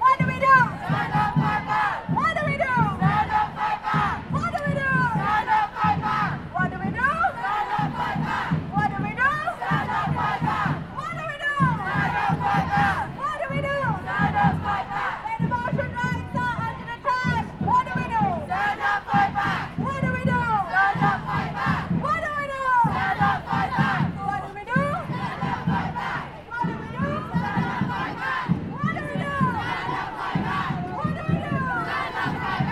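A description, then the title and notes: A large crowd of protestors chants together in a steady, rhythmic pulse, voices rising and falling in repeated shouted phrases throughout. Thousands of protestors gather outside the Royal Courts of Justice to call for the decriminalisation of abortion.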